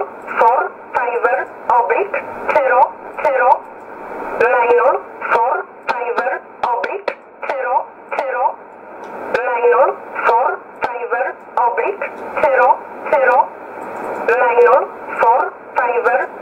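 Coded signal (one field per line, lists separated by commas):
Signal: numbers station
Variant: E11 Oblique, English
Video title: 03 06 2020 E11 Oblique Numbers station in English 0641 on 15800 unknown tx site in USB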